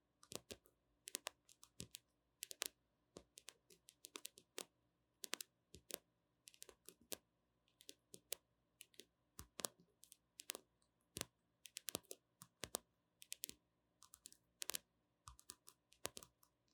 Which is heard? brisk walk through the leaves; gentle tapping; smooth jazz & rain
gentle tapping